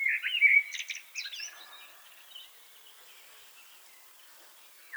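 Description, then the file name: Common blackbird singing a rich warbled phrase that breaks into thin high twittering notes within the first second and a half, followed by near silence. "Turdus merula"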